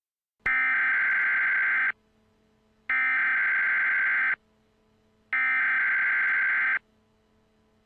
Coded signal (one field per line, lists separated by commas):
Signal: Emergency Alert System (SAME) tones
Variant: header bursts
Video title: EAS Scenario #18: Mickey Error XIV The Revive Of Minnie Error